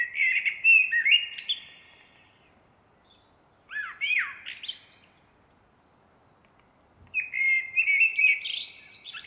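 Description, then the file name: Common blackbird singing three separate phrases, mellow warbled notes breaking into squeaky, high twitters, with gaps of silence between phrases. "Turdus merula"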